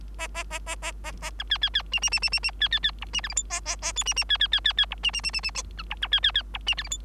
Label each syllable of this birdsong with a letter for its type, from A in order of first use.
A A A A A A A B C C C D D D D D D C C C E D F G H A A A I D D C C C C C E D D D D D B E B C C C E D F G H